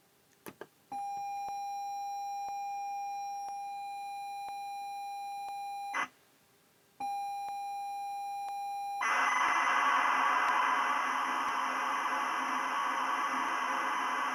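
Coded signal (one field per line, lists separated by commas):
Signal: ZX Spectrum tape loading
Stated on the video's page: Spectrum tape loading sound output by a TZXDuino, an Arduino-based cassette player emulator reading files from an SD card.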